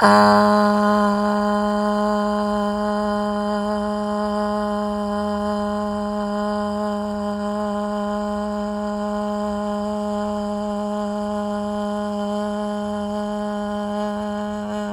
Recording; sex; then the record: sustained vowel /a/; female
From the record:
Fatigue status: fatigue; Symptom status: symptomatic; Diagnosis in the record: COVID-19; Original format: m4a